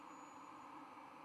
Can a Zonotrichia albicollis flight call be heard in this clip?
no